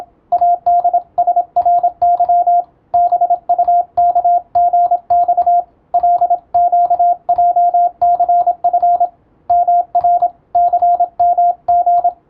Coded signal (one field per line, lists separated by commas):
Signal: Morse code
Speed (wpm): 27 wpm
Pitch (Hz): 700 Hz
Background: radio noise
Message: ADSRY BUKGX LQJCF MRCMG